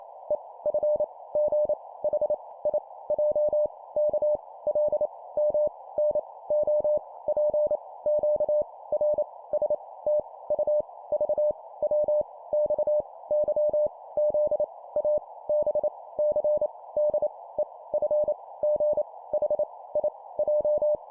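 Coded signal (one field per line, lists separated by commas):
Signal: Morse code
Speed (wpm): 28 wpm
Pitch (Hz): 600 Hz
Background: none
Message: E F G H I J K L M N O P Q R S T U V W X Y Z A B C D E F G H I J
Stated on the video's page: Computer-generated 25 wpm Morse practice drill of random letters.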